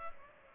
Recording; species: mosquito wingbeat signal from an infrared sensor; Culex pipiens